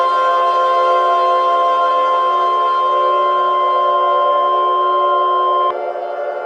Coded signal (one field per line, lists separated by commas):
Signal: Emergency Alert System (SAME) tones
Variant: 1050 Hz attention tone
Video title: EAS Mock: March Madness